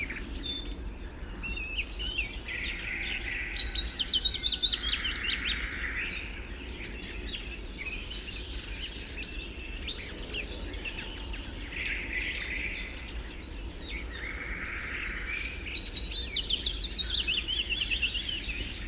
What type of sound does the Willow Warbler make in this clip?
song